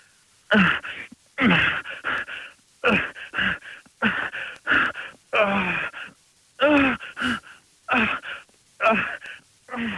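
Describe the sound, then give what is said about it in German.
A voice lets out a rapid series of staged, exaggerated erotic moans in short rhythmic bursts, pitch sliding up and down, fairly loud with brief pauses between them and no other talk. “Falls gerade jemand zufällig reinschaltet, wir machen hier keinen Telefonsex, zu guter Letzt.”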